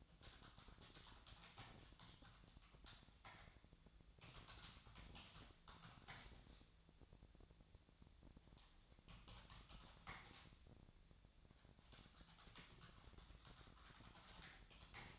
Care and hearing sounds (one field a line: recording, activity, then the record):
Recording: daily activity, microphone in the room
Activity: typing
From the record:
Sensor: 3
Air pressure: 999.2 hPa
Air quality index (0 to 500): 206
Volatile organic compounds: 55 ppm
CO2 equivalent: 3362 ppm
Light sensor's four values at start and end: 8/20/7/8 and 8/20/7/8